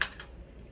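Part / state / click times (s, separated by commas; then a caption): magazine into the rifle magazine well / seated / 0.0 s. A metal magazine is rocked into the magazine well of a Mini-30 rifle and latches with a sharp click at 0.0 s, followed by a fainter click at 0.2 s and quiet low rumble. The magazine is seated and locked into place but stuck.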